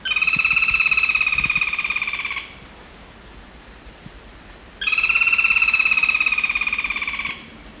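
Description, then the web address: Olive-backed foliage-gleaner song: a fast, even, buzzy rattle lasting about two and a half seconds, given twice with a pause between. Recorded in the eastern lowlands of South America. "ENTER Music and Audio. Nature Songs S America Eastern Lowlands. Automolus infuscatus, song"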